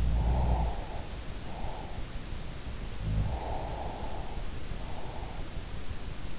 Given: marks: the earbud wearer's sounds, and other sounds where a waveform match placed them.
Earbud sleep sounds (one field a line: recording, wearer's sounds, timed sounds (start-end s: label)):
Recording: sounds in sleep by an in-ear microphone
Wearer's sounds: breath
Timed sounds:
0.00-1.08 s: sound from someone else or the room
2.98-5.30 s: sound from someone else or the room
3.31-5.30 s: breath